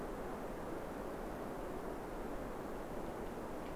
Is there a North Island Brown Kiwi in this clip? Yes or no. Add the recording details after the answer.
no. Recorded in New Zealand on 5 November 2015. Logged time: 22:59. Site CQ72